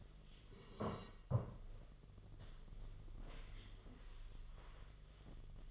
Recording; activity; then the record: daily activity, microphone in the room; sit down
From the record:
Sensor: 4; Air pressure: 1005.9 hPa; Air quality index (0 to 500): 104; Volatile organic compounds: 2 ppm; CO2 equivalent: 1304 ppm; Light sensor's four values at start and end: 13/29/11/10 and 13/29/11/10